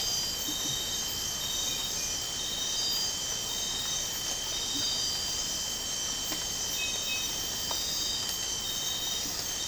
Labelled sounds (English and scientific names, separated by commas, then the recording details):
none
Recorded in dense forest near Puerto Asís, Putumayo, Colombia, on 12 March 2025 at 04:00
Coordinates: 0.467, -76.328
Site G041